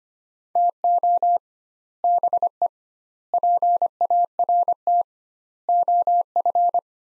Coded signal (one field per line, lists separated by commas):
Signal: Morse code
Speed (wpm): 25 wpm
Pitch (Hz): 700 Hz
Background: none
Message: TO BE PART OF